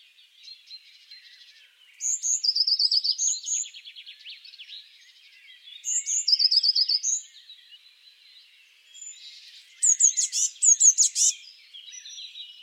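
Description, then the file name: Eurasian blue tit singing two thin, high notes followed by a lower rapid trill, given twice, then a burst of sharp high notes, against a busy background chorus of other birds. "Cyanistes caeruleus"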